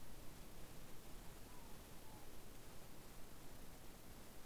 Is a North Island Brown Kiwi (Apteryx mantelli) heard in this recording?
no